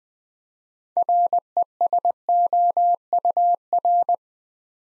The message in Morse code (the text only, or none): RESOUR